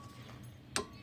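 A click-type 20 ft-lb torque wrench is twisted further on a bolt until it gives a sharp click at 0.8 s, showing the bolt has reached its torque setting. The rest of the clip is quiet background with no talk.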